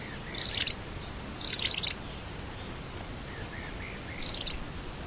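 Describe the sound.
Bird calls: three separate clusters of high, squeaky chirps, spaced irregularly a second or more apart, against a quiet background.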